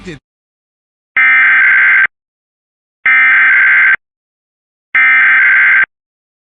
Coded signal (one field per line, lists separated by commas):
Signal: Emergency Alert System (SAME) tones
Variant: header bursts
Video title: San Diego RMT of September 2025 + KEC62 SGX RWT (EAS #57-64)